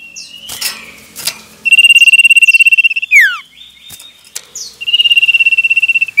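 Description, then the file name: Common iora song: rapid buzzy trills held on one pitch, broken by a sharp downslurred whistle and softer chirping notes. Male. "suara burung cipoh jantan"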